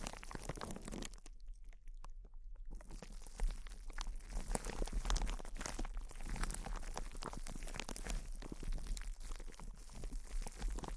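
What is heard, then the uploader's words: Intense close-up crinkling, a dense run of sharp crackles and crunches packed tightly from start to finish with an even, steady loudness. Around the first and second seconds the bright crackle thins to duller, softer rustling, then the crisp crinkles return. A low hum sits underneath. ASMR Intense Close-Up Crinkles (No Talking).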